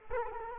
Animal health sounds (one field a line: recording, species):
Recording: mosquito wingbeat signal from an infrared sensor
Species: Culex quinquefasciatus